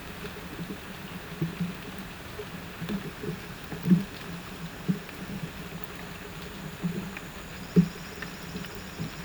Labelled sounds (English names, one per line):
none